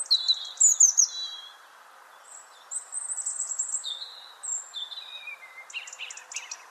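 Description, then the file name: European robin singing a run of high, liquid warbles and thin drawn-out whistles, changing pitch between phrases, over a soft continuous background hiss. "Erithacus rubecula"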